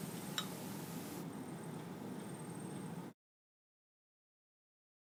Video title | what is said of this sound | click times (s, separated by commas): How to Thread the Bernina 1008 Sewing Machine | you need to pull it from both sides until it clicks into place. | 0.4 s